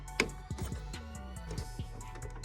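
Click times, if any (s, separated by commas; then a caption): 0.2 s. A refillable sublimation ink cartridge is lined up and pushed into the cartridge bay of an Epson WF-7710 Workforce inkjet printer being converted to a sublimation printer. A sharp, loud click at 0.2 s shows the cartridge has latched and seated in place, while music plays throughout.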